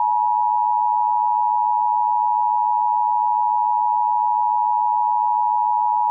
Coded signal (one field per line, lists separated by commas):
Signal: Emergency Alert System (SAME) tones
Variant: 853 and 960 Hz attention tone